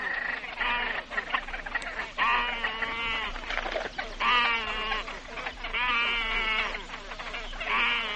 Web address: great crested grebe